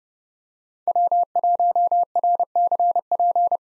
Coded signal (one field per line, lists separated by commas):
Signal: Morse code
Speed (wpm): 30 wpm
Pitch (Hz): 700 Hz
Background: none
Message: W1RCP